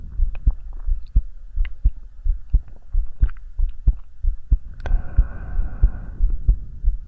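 A steady heartbeat with breathing, heard close up as if the head is held against an adult's chest, at about 90 beats per minute.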